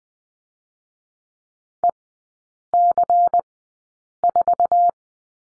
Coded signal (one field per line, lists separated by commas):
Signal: Morse code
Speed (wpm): 20 wpm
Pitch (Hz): 700 Hz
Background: none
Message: EC4